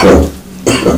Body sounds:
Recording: coughing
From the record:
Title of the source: Residual Phlegmy Morning Coughing and Gagging

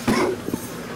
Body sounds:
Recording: coughing mixed with background sound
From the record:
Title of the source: Coughing 77

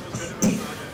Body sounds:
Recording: coughing mixed with background sound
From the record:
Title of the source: Spring Cold Coughing.

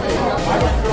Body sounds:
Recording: background sound without coughing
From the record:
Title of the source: Nightlife Party Simulating Party Club Noise 1 Hour

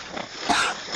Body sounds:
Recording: coughing mixed with background sound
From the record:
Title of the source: 64 coughing, allergies, singing lungs

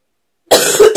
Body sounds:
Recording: coughing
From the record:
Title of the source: 30 Chesty and wet cough

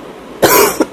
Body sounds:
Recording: coughing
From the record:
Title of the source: 31 night wet cough

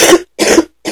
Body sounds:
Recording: coughing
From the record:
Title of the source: 61 morning phlegmy cough...again

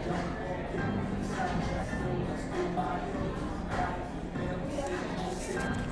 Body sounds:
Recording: background sound without coughing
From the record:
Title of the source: 60 minutes of coffee shop sounds for study and concentration

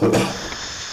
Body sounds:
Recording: coughing mixed with background sound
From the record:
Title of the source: Cough Around the Clock!

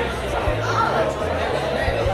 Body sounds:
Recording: background sound without coughing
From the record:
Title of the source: CITY SOUNDS Busy Bar in the Evening Night - 2 HOURS of Ambiance for Relaxation

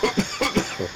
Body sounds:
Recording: coughing mixed with background sound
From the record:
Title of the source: Dry Afternoon Cough

